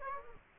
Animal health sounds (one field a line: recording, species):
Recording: mosquito wingbeat signal from an infrared sensor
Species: Aedes aegypti